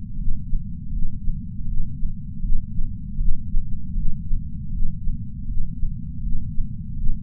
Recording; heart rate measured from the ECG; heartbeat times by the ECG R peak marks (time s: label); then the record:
heart sounds by patch sensor on the chest; 80 bpm
0.17 s: heartbeat
0.91 s: heartbeat
1.66 s: heartbeat
2.41 s: heartbeat
3.17 s: heartbeat
3.94 s: heartbeat
4.71 s: heartbeat
5.46 s: heartbeat
6.21 s: heartbeat
6.96 s: heartbeat
From the record:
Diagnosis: coronary artery disease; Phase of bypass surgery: intraoperative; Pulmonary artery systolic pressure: 26 mmHg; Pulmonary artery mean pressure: 18 mmHg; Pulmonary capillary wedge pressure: 8 mmHg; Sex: female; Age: 52 years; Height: 163 cm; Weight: 80 kg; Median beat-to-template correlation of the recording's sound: 0.89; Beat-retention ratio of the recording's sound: 0.99